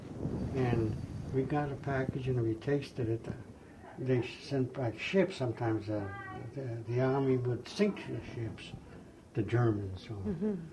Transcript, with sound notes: and we got a package and we tasted it, they sent back ships sometimes, [people talking in background] the army would sink the ships, the Germans